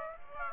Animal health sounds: mosquito wingbeat signal from an infrared sensor; Aedes aegypti

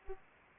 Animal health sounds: mosquito wingbeat signal from an infrared sensor; Aedes aegypti

